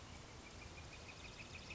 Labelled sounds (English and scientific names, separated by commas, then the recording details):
Northern Flicker (Colaptes auratus)
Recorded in Sonoma County, California